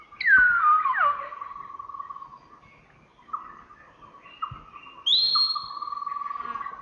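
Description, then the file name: Common hill myna calls: a loud, sliding whistle that falls steeply, then flat mid-pitched tones, ending with a sharp rising whistle that holds high. Subspecies intermedia, recorded in Thailand. "Graculareligiosaintermedia TH"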